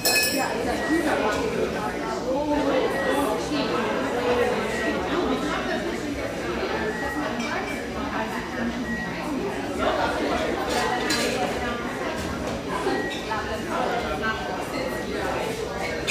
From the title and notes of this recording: Riverside on Portland's east Willamette banks, this industrial neighborhood sports some quality coffeehouses, including this mellow, exposed-brick gem frequented by railyard staff.